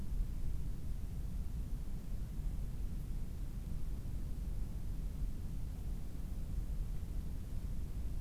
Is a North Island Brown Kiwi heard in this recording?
no